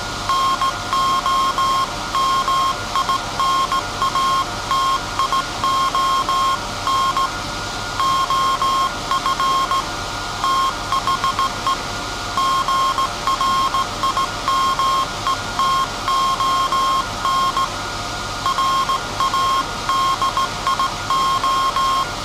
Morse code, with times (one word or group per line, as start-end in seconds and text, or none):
0.3-7.3 NOMINATION
8.0-9.8 OF
10.4-11.7 THE
12.4-17.6 GRIMETON
18.5-22.0 RADIO